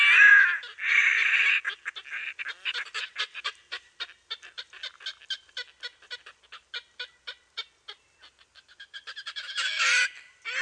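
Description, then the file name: Red-necked grebe calling with drawn-out, squealing wails at the start and end, separated by a long series of clipped, rattling notes that slow and soften before quickening again. "perkozrdzawoszyi"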